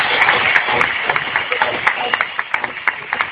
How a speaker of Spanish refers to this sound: Entonces vamos nada menos que a darle un súper aplauso a estos líderes que han sido los que nos han dado el ejemplo.